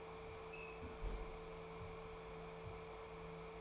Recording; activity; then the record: daily activity, microphone in the room; close fridge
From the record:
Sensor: 1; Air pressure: 1015.0 hPa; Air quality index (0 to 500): 192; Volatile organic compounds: 21 ppm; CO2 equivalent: 2720 ppm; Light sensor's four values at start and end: 10/23/9/10 and 10/23/9/10